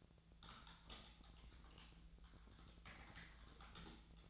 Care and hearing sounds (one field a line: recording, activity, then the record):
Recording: daily activity, microphone in the room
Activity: typing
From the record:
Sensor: 3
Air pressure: 1000.2 hPa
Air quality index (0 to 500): 138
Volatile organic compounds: 2 ppm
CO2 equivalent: 1222 ppm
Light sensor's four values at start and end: 36/93/39/43 and 36/93/39/43